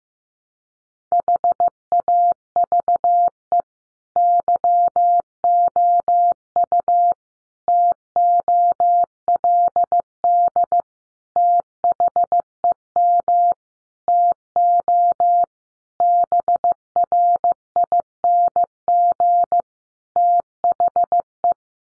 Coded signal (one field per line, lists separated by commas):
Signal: Morse code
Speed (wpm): 15 wpm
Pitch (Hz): 700 Hz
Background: none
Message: HAVE YOU TOLD THEM TO BRING THE